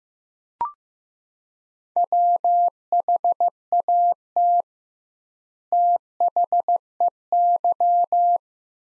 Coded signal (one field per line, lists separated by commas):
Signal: Morse code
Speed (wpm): 15 wpm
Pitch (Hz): 700 Hz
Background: none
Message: WHAT THEY